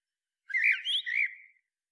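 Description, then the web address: Common blackbird with one continuous, rich warble: fluty whistles rise and fall, with brighter overlapping notes in the middle before the phrase fades. No other sounds. "SETE Turdus merula"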